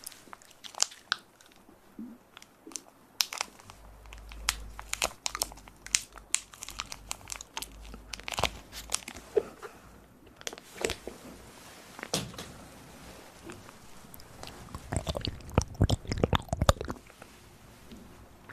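Ear-focused trigger sounds made of quick, crisp crackles and crunching clicks that come in irregular bursts throughout. Sharp taps cluster densely around 12 and 15–17 seconds, with a low steady hum underneath from about 3.5 seconds onward.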